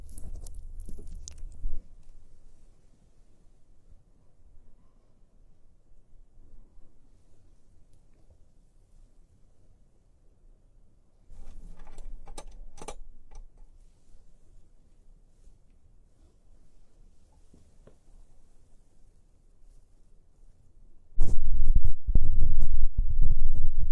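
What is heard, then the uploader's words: Muffled ear picking with soft scratching and low rubbing, dull. Bursts of louder scraping and crackling open the clip, return around 11–13 seconds, and come back loudest from about 21 seconds to the end. Between them, long quiet stretches hold faint rustling. Immersive ear picking.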